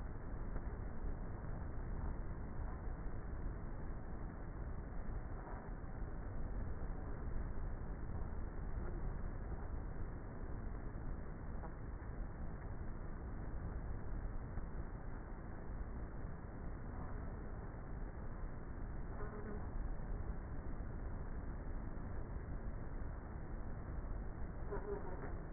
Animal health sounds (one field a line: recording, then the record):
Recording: honeybee colony, microphone inside the hive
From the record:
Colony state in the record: queenless with a low population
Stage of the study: before two queens were removed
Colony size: about 30,000 bees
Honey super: no